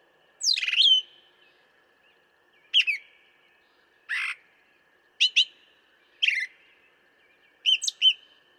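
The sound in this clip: Brown thrasher giving six separate phrases, each a brief slurred or doubled note, spaced about one to two seconds apart over a faint constant tone.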